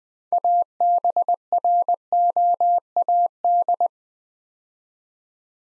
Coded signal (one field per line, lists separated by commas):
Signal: Morse code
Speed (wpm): 20 wpm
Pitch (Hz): 700 Hz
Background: none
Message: ABROAD